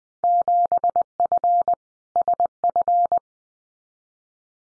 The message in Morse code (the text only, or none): 7F SF